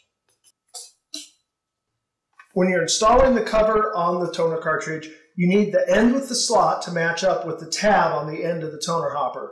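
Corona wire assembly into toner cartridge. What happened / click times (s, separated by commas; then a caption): The wire assembly snapped onto the plastic cartridge / 1.1 s. A corona wire assembly with two holes and a peg snaps onto a plastic toner cartridge for a vintage HP LaserJet II during reassembly. Faint taps at 0.3 s and 0.8 s lead to a sharp snap at 1.1 s that seats it, and after a short pause someone talks steadily to the end.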